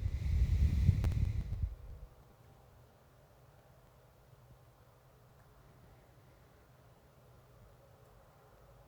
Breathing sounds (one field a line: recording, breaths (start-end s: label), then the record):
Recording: nose breathing near a microphone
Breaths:
0.00-2.09 s: exhalation
5.29-7.94 s: inhalation
From the record:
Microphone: phone